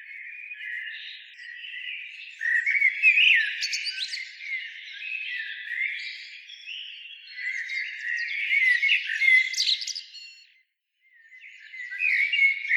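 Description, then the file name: Common blackbird pouring out rapid squeaky warbles and chirps, louder from about two seconds on, with a brief silent gap near eleven seconds before the twittering resumes. "Turdus merula"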